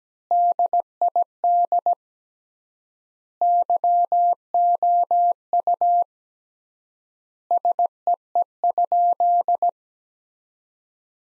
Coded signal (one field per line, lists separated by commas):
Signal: Morse code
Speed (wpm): 17 wpm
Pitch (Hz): 700 Hz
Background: none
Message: DID YOU SEE?